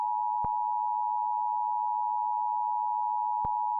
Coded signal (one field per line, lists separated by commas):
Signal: Emergency Alert System (SAME) tones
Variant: 853 and 960 Hz attention tone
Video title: EAS Severe Thunderstorm Warning During WordGirl (2021 WNPT-DT3)